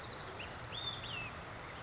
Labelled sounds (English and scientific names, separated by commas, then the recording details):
Olive-sided Flycatcher (Contopus cooperi)
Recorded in Sonoma County, California